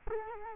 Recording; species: mosquito wingbeat signal from an infrared sensor; Culex quinquefasciatus